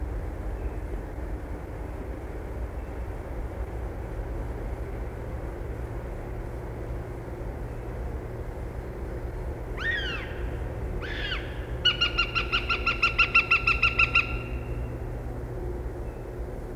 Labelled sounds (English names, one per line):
Northern Goshawk call